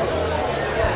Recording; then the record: background sound without coughing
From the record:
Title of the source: CITY SOUNDS Busy Bar in the Evening Night - 2 HOURS of Ambiance for Relaxation